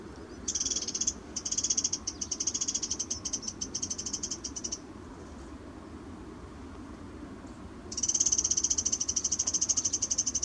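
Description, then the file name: Eurasian wren calling in loud, fast rattling ticks, a long series early on, a silent gap, then a strong renewed rattle toward the end. "Troglodytes troglodytes"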